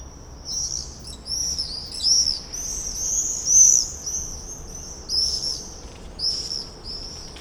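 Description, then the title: Common swift screams, a near-continuous chorus of shrill buzzy calls with several louder bursts. Summer evening in a backyard in Bytom, Poland; many swifts circling; recorded with Zoom F4 and AT BP4025. "Zygmunta Starego 3, Bytom, Poland - Backyard swifts"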